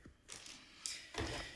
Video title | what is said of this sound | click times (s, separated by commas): STARWARS LEGION UNBOX STARTER EMPIRE | Donc là, on a tout qui s'emboîte bien. Vous voyez, hop, c'est assez solide. | 0.9 s